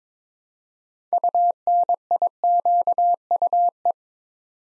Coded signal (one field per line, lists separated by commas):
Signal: Morse code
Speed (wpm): 22 wpm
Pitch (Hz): 700 Hz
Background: none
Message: UNIQUE